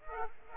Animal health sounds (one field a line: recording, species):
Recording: mosquito wingbeat signal from an infrared sensor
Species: Aedes aegypti